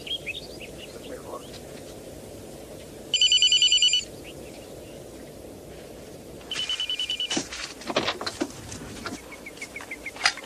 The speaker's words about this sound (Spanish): Sí. Teléfono. ¿Quién es? El señor Quiñones.